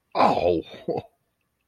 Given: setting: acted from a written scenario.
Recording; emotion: vocal sound without words; positive surprise